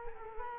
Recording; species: mosquito wingbeat signal from an infrared sensor; Culex quinquefasciatus